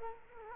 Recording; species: mosquito wingbeat signal from an infrared sensor; Culex quinquefasciatus